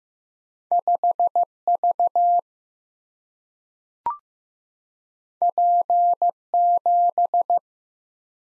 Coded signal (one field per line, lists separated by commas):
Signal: Morse code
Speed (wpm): 15 wpm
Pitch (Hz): 700 Hz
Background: none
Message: 5V P7